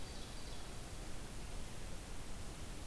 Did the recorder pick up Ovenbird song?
no